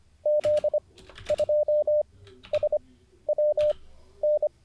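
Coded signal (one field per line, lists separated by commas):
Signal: Morse code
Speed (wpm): 25 wpm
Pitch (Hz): 600 Hz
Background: none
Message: Z2SWN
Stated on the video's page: Livestreamed Morse code learning session, day 49.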